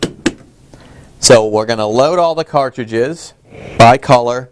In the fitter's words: I'll click it out for removal